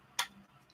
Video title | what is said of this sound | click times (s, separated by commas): Live Airfix 1/24 Spitfire Mk Vb Video build #19 | this should snap into place which it does | 0.2 s